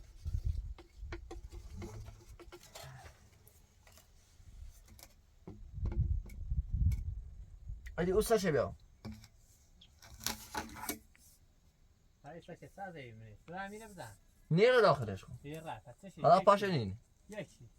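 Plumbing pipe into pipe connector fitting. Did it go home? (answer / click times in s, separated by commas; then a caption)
no / none. A plumbing pipe is pushed into a pipe connector fitting but will not go home, and nothing has seated or clicked. Scattered short knocks and handling sounds are heard while someone talks. The pipe fails to seat in the connector.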